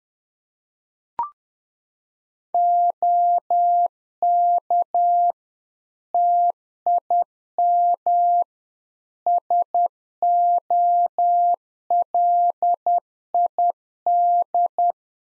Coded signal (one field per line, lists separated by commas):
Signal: Morse code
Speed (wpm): 10 wpm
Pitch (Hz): 700 Hz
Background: none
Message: OK TIM SOLID